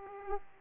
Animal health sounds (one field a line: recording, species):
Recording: mosquito wingbeat signal from an infrared sensor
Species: Aedes aegypti